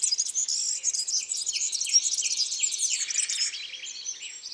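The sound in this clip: European serin song: a continuous high, sizzling jingle of rapid twitters, with a lower descending note repeated about twice a second beneath it.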